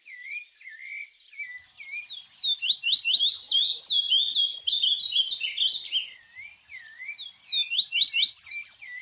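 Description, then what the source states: Birds singing, a loud rapid run of sharp rising and falling chirps in the middle, framed by softer looping whistles repeated before and after. Birds singing at dawn.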